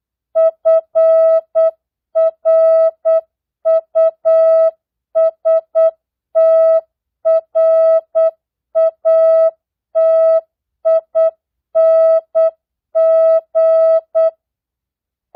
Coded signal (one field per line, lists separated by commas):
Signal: Morse code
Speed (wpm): 8 wpm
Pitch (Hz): 650 Hz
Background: music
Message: FRUSTRATING